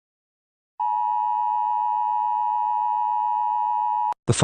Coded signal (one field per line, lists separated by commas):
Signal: Emergency Alert System (SAME) tones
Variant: 853 and 960 Hz attention tone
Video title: EAS Scenario #13: The Rake Massacre.